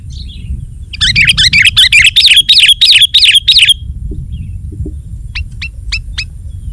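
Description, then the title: Sooty-headed bulbul song: a rapid, chattering string of bright notes for nearly three seconds, followed by a few short sharp chirps, over a low background rumble. "kutilang"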